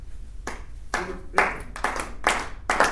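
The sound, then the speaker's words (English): Hands clapping with cupped palms, about six claps at a steady, slightly uneven pace, each a hollow, full-bodied pop with a short ring that carries between strokes. No one speaks. “So you clap your hands inside the palm.”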